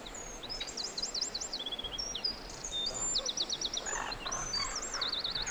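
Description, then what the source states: Bird song: several birds overlap in quick, high, twittering trills and sharp whistled slurs. Forest birdsong.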